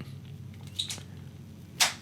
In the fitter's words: Did you I don't know if you guys could hear it, but you heard if you could hear it pop in there. Gave a good snap.